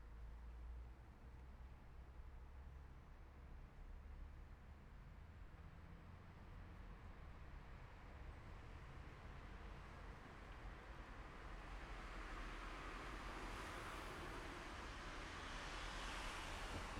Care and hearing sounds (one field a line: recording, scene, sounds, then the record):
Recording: everyday scene through a hearing-aid microphone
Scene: in traffic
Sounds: traffic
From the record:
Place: city secondary road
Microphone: behind the ear, left, front